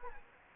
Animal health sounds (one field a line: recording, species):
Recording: mosquito wingbeat signal from an infrared sensor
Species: Anopheles gambiae